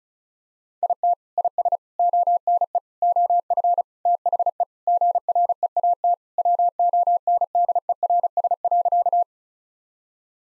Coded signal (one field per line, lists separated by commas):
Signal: Morse code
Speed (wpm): 36 wpm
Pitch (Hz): 700 Hz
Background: none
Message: IT IS ONE OF THE GREAT WONDERS.